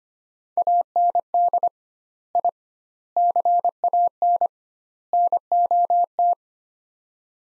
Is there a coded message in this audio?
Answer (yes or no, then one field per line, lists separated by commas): yes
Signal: Morse code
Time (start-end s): 0.6-6.3 s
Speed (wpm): 25 wpm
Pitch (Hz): 700 Hz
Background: none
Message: AND I CAN NOT